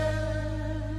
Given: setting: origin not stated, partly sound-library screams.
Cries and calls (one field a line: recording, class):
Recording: one-second piece from a danger detection set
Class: normal situation